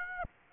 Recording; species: mosquito wingbeat signal from an infrared sensor; Aedes aegypti